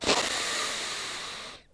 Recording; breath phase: one breath near a microphone; inhalation